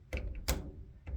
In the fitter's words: and then you're going to adjust the head of it and then you're going to crank on it until it clicks right here